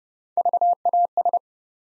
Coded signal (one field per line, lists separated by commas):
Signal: Morse code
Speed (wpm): 30 wpm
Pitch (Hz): 700 Hz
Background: none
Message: VAS